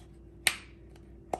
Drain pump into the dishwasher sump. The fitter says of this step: should click right in